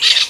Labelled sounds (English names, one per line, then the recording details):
Brown-throated Parakeet contact call
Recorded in Venezuela
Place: Guárico; Corozopando; Fundo La Fe
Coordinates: 8.506, -67.593